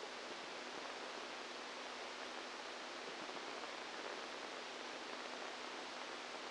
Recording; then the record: brain microelectrode recording played as sound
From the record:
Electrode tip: outside the subthalamic nucleus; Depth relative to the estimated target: -8 mm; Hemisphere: right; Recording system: NeuroSet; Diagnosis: Parkinson's disease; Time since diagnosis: 10 years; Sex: female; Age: 45 years